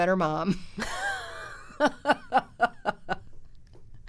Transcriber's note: laughter